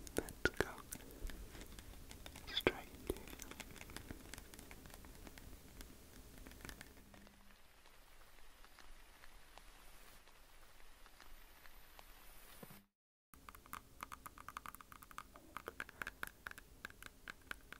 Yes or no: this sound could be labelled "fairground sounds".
no